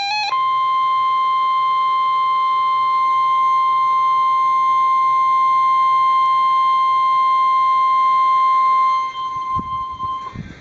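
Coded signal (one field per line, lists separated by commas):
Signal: Emergency Alert System (SAME) tones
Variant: 1050 Hz attention tone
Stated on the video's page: Real NOAA Weather Radio alert tones for a Special Marine Warning.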